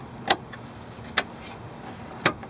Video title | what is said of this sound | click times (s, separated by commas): How to Install Headlights on your Car or Truck | push it down until it locks just like so and that's locked in | 2.3 s